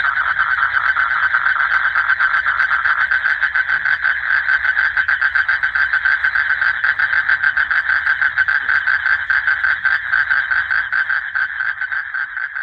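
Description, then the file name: Asian common toad calling in one unbroken, fast-pulsed trill, even in pitch and loudness from start to finish. "Duttaphrynus melanosticus"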